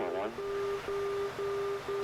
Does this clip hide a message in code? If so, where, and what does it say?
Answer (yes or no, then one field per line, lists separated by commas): no